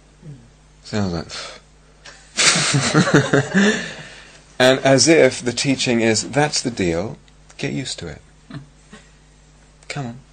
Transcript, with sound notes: It sounds like, "Pff." [laughter] And as if the teaching is, "That's the deal. Get used to it. Come on.